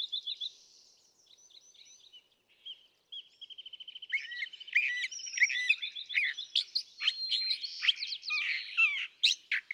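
California thrasher song opening with sparse soft notes, then a rapid even trill, then a dense burst of varied scratchy and whistled phrases.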